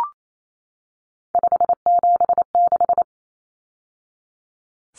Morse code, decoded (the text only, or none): 576